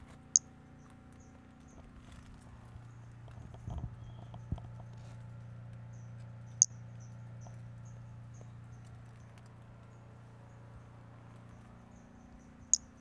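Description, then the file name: Pumpkin toadlet call: brief, piercing high chirps spaced about six seconds apart, with softer high notes scattered between and a low rumble in the background. Recorded 5 February 2016. "Brachycephalus albolineatus 160205"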